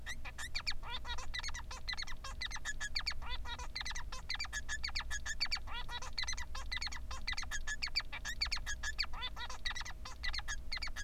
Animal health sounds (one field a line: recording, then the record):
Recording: song of a male Bengalese finch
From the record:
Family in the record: son of father 3